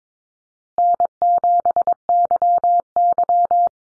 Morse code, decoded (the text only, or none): N7YY